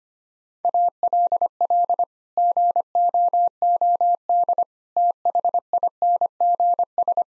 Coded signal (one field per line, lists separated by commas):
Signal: Morse code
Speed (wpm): 25 wpm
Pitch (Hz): 700 Hz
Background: none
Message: ALL GOOD THINGS